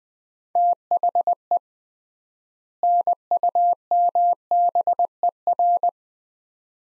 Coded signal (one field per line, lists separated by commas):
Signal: Morse code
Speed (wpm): 21 wpm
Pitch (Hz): 700 Hz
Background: none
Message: THE NUMBER